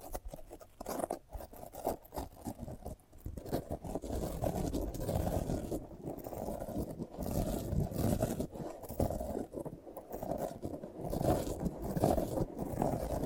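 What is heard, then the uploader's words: Handling of a sprouted coconut, with dense, low scraping and rubbing that swells and fades in uneven bursts. The sound stays mostly deep and muffled, with brief quiet gaps near 3, 6 and 10 seconds and no background noise. ASMR of a Sprouted Coconut (No Talking).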